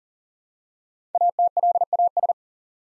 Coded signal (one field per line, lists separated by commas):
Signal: Morse code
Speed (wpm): 43 wpm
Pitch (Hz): 700 Hz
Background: none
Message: ATLAS